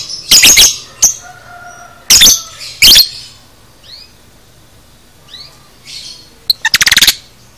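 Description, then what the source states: Lovebird shrieks: a few loud, harsh screeches, some in quick bursts, separated by quiet stretches with faint high chirps. Masteran training recording of 'paud' lovebird song, made for teaching cage birds.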